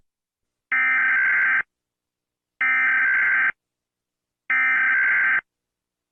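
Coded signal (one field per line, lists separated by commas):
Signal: Emergency Alert System (SAME) tones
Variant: header bursts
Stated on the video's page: Fictional analog horror EAS footage, not a real alert.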